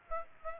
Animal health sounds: mosquito wingbeat signal from an infrared sensor; Aedes aegypti

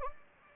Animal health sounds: mosquito wingbeat signal from an infrared sensor; Anopheles gambiae

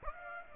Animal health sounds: mosquito wingbeat signal from an infrared sensor; Aedes aegypti

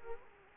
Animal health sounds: mosquito wingbeat signal from an infrared sensor; Culex quinquefasciatus

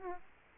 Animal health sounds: mosquito wingbeat signal from an infrared sensor; Aedes aegypti

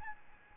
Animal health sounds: mosquito wingbeat signal from an infrared sensor; Aedes albopictus

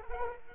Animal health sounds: mosquito wingbeat signal from an infrared sensor; Culex quinquefasciatus

